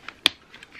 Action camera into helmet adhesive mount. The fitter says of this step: you need to do is feed the camera into the pad like that until it clicks